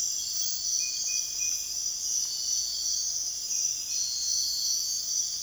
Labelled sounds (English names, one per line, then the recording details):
none
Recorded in secondary vegetation near Puerto Asís, Putumayo, Colombia, on 22 June 2025 at 05:00
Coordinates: 0.485, -76.322
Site GP06